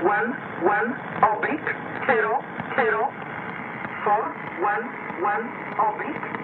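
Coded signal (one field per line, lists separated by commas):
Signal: numbers station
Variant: E11 (Oblique)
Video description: Numbertation E11, empfangen am 04.01.2018, um 17.30 UTC, mit Sommerkamp (Yaesu) FRG 7700 und Grundig Satellit 500 in Buseck Germany.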